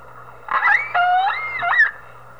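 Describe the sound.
Whale call, a sequence of tonal moaning notes with rising and falling sweeps, a low flat tone then an upswept whoop, lasting under two seconds over a steady low hum.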